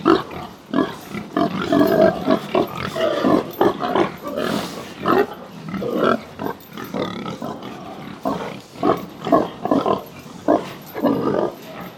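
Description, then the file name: Pigs grunting continuously, many harsh grunts in rapid succession throughout. Pigs on an intensive pig farm in Texas, USA. "felix blume animals pigs farm intensive texas usa"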